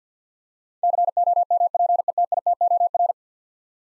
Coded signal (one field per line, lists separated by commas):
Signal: Morse code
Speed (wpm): 52 wpm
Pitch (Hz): 700 Hz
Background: none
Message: COMPETITOR